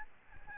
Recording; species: mosquito wingbeat signal from an infrared sensor; Aedes albopictus